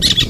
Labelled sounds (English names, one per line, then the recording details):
Brown-throated Parakeet contact call
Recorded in Venezuela
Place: Guárico; Corozopando; Fundo La Fe
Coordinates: 8.506, -67.593